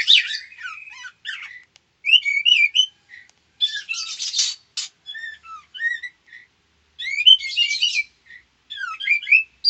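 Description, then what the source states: White-rumped shama singing short phrases of bright whistles, chips and buzzy notes separated by brief silences. Female.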